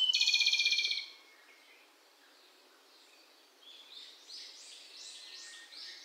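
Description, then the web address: Izu robin giving a fast rattling trill of rapid repeated notes lasting about a second, followed by quieter arched notes. Recorded on Miyake Island, 16 May 2016. "koe tanekoma 160516 miyake kuroda"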